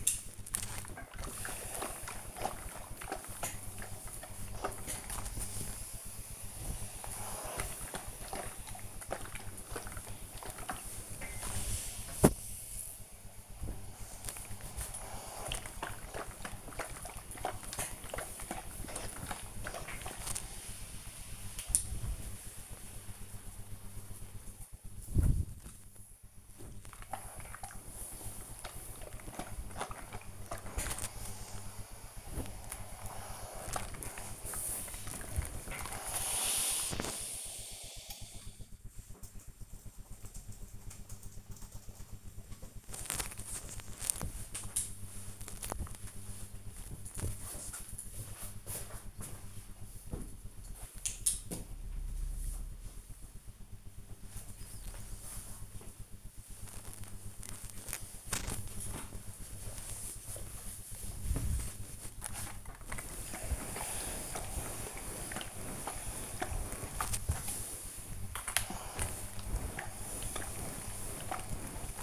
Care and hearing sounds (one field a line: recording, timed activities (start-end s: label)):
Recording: household activities, microphone on the right wrist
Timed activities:
0.00-38.36 s: ironing laundry
54.44-72.02 s: ironing laundry